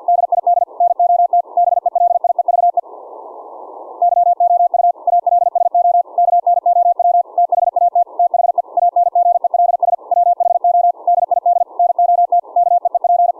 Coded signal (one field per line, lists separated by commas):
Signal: Morse code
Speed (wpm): 50 wpm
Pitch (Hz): 700 Hz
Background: none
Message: DID NOT BELIEVE YOU ALSO KNOW THAT THE ANGELS WHO DID NOT KEEP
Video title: QRQ CW LAB - Testing CW KEYING of any RIG with an audio derived CW Keying Circuit(pt2-Volume)